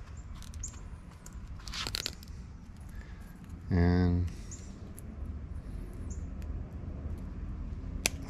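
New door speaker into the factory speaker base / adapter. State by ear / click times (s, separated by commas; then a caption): seated / 8.1 s. A new front door speaker for a Sprinter van is worked into its factory speaker base adapter, a tight compression fit, with rustling and scraping handling noises and a short buzzing tone around 3.8 seconds. It snaps into place with a sharp click at 8.1 seconds, and the speaker is seated. Someone talks briefly.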